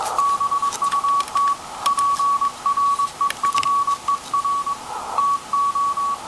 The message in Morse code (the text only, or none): BUT PREFER TO